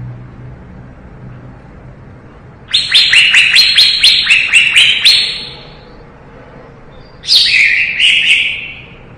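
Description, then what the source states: Leafbird song: a run of sharp, rapidly repeated falling chirps, a pause, then a shorter descending burst. Lively singing (gacor), 2017.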